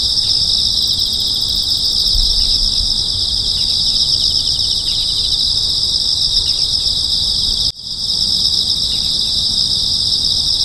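Insects buzz in a steady, shrill pulsing chorus, with a split-second dropout in the sound partway through.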